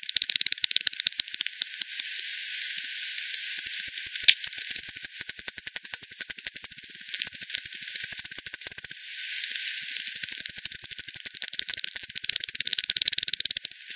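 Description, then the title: Bat echolocation, heard as long runs of rapid clicking, pausing briefly near nine seconds before resuming. Multiple bats at the Hogsmill River, Hogsmill Lane, 7 October 2020 at 18:10 UTC; recorded with frequency division by ten, band-pass filtered and resampled. "WW bat 20201007 T 18 : 10 Z-Hogsmill-Lane-Hogsmill-River-multiple-bats"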